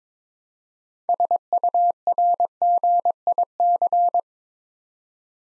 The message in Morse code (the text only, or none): SURGIC